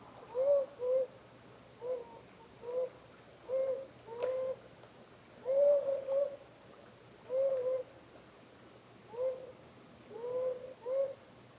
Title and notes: Czarny Dunajec, województwo małopolskie, Polska - Voice of European Beaver. Recordist: Maciej Wirmański